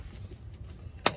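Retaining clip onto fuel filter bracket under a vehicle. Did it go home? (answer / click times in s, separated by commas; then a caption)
yes / 1.1 s. A retaining clip is reconnected onto a new fuel filter sitting on its bracket under a 2003 Chevrolet Trailblazer. After about a second of quiet background, one short, sharp click lands at 1.1 s, and the clip is seated on the filter.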